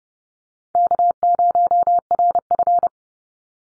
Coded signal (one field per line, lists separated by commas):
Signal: Morse code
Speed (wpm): 30 wpm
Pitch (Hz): 700 Hz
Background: none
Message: K0RF